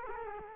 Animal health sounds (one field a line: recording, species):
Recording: mosquito wingbeat signal from an infrared sensor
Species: Culex quinquefasciatus